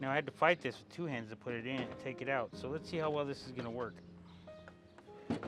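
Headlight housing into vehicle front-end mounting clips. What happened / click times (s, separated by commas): The housing is being handled but has not yet snapped into its clips / none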